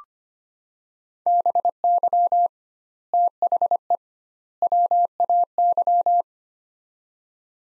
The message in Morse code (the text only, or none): BY THE WAY